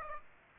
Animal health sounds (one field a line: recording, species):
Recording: mosquito wingbeat signal from an infrared sensor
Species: Aedes aegypti